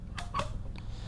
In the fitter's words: So that clicking sound means you are locked in.